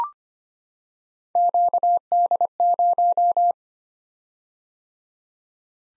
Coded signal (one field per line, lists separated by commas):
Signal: Morse code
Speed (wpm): 25 wpm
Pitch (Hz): 700 Hz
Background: none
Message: QD0